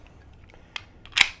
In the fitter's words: Push forward until you hear it lock.